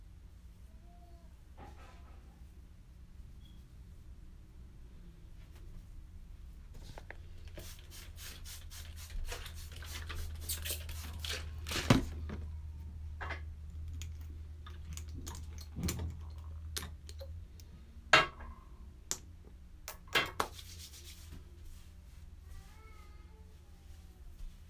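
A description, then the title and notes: Someone taking a shower, with a steady low hum underneath throughout. From about 7 to 17 seconds a soft rushing and rubbing builds, broken by sharp knocks and clatters near 12, 16, 18 and 21 seconds, then brief squeaks near the end. Taking a shower.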